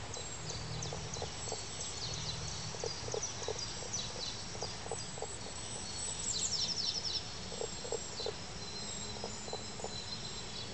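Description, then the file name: Common spadefoot calling in soft, low clucks in short runs, over steady background hiss and scattered high bird chirps. "Pelobates fuscus"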